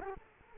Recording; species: mosquito wingbeat signal from an infrared sensor; Culex quinquefasciatus